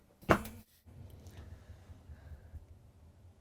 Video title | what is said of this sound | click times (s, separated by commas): 2015 Winnebago Tour 42QD Interesting Chassis, Sold | so this will lock into place | 0.3 s